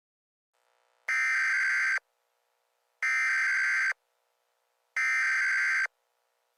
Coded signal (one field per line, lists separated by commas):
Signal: Emergency Alert System (SAME) tones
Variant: header bursts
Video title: Early Christmas Special) EAS Short Scenario 56 - The Grinch (Remastered)